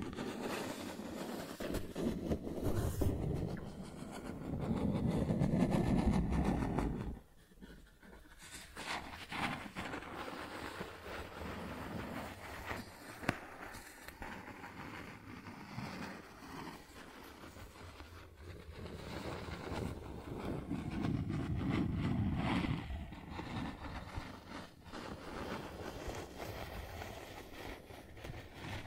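Cardboard being scratched and traced, a rough, grainy scraping made of many quick strokes. The rasping swells into heavier, lower passes around five to seven seconds and again near twenty-two seconds, with a brief near-silence just after seven seconds and a sharp tick around thirteen.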